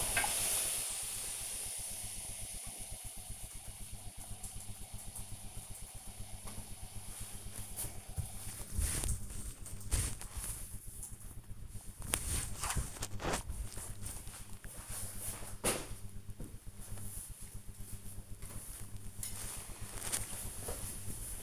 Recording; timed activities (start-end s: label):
household activities, microphone on the right wrist
0.00-2.29 s: ironing laundry
6.31-16.35 s: folding laundry
18.37-21.43 s: ironing laundry